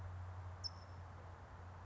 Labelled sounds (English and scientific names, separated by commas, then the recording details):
California Towhee (Melozone crissalis)
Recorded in Sonoma County, California